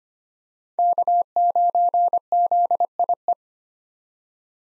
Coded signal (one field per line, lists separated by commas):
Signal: Morse code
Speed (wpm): 25 wpm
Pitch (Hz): 700 Hz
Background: none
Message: K9ZIE